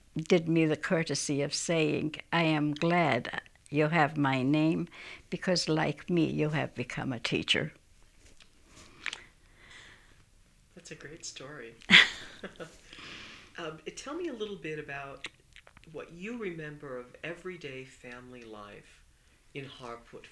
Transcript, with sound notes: did me the courtesy of saying, "I am glad you have my name because like me you have become a teacher."
That's a great story. (they laugh) Tell me a little about what you remember of everyday family life in Harput.